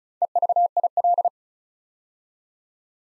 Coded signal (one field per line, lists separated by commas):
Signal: Morse code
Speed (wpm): 36 wpm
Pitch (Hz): 700 Hz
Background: none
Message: EVIL